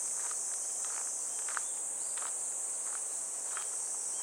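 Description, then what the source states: Cicadas hold a strong, unbroken high whine, while a few scattered footsteps sound below. Recorded while walking a riverbank embankment path on a fresh, clear morning toward a weir; cicada voices gradually give way to the sound of water falling over the weir.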